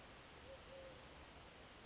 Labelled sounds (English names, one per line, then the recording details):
Eurasian Collared Dove
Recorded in Sonoma County, California